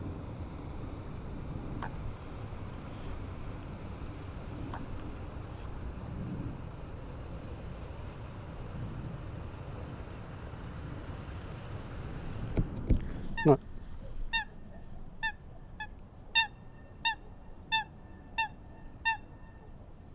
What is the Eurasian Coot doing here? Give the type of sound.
call